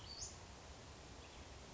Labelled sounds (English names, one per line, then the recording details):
Western Flycatcher
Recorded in Sonoma County, California